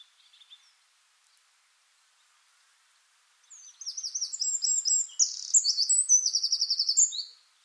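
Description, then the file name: Eurasian wren song: after a brief faint note and silence, a vigorous outpouring of piercing trills and rapid chattering notes, ending abruptly. "Troglodytes troglodytes"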